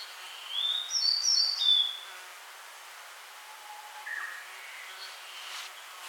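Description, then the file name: Grey bunting sings one short high phrase of whistled and buzzy notes early on, followed by faint scattered chirps amid steady background hiss. "Emberiza variabilis"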